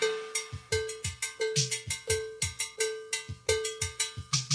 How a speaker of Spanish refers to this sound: Muévase sabroso, pero escuche la campana.